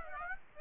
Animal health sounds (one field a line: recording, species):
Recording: mosquito wingbeat signal from an infrared sensor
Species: Aedes aegypti